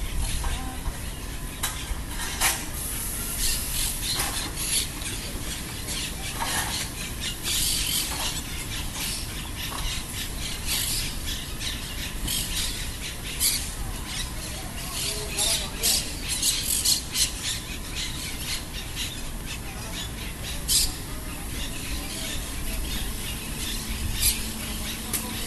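Parrots squawk and squeal in a busy, constant chatter, with sharp bright calls bursting out every second or two throughout. Beneath the birds runs a steady low street rumble, and a faint hum lingers near the end.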